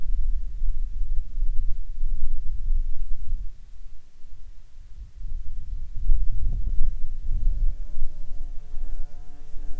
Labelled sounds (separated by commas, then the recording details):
wind, insects
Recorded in Ivvavik National Park, Yukon, on 21 June 2019 at 12:56
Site SINP06